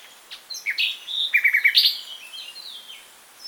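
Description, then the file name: Common nightingale song phrase of varied chirps building into a short, loud run of rapidly repeated notes, followed by softer whistled notes. "Luscinia megarhynchos"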